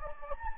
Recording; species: mosquito wingbeat signal from an infrared sensor; Anopheles gambiae